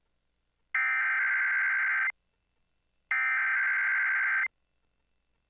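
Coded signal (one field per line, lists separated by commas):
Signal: Emergency Alert System (SAME) tones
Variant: header bursts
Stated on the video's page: EAS test aired on CBS television.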